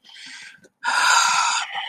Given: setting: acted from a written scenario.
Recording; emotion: vocal sound without words; shame